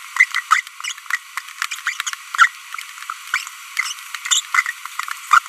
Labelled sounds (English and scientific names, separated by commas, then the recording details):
Green-rumped Parrotlet (Forpus passerinus) babbling
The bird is a female
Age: 23 days
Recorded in a nest box in Venezuela
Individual 17B42B2